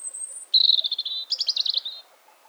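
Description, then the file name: European robin singing one unbroken phrase: a thin, very high sustained note, then a fast warbling trill that breaks into rapid twittering notes. "Erithacus rubecula"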